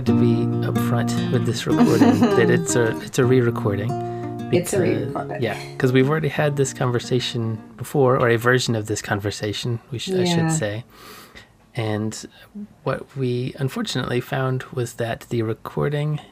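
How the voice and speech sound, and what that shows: Adult man speaking conversationally, with a few ordinary restarts and pauses; fluent speech within normal limits.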